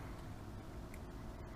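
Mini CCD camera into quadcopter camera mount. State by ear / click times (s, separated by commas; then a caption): not seated / none. A mini CCD camera is positioned and lined up in a plastic quadcopter camera mount before being pushed home. Only light handling sounds are heard over a steady low rumble, with faint small ticks near 0.9 and 1.6 seconds. Nothing has seated or clicked yet.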